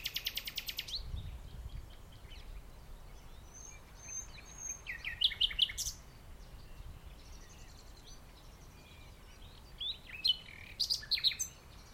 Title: Nightingale and joggers in the dunes (The Hague, May 12th 2021)